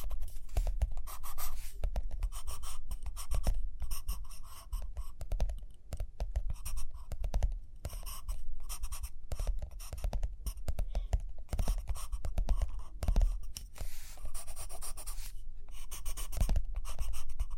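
Busy pen or pencil scratching and tapping on paper, dense and irregular throughout, with brief pauses and occasional sharper knocks near 13 and 16 seconds.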